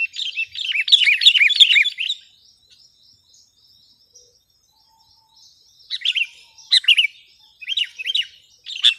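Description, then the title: Sooty-headed bulbul gives a dense burst of chirping, falls quiet, then sings short, sharp chirpy phrases at intervals. "kutilang"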